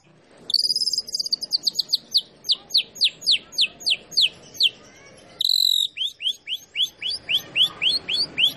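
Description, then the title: White-rumped shama song: a rapid series of sharp down-slurred whistled notes, several per second, a brief pause, then the series resumes. Masteran (tutoring) recording of a champion (juara) bird. "Masteran Murai Batu Juara"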